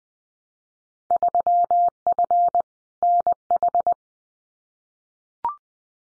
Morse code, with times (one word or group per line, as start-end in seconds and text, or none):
1.1-2.6 3F
3.0-3.9 NH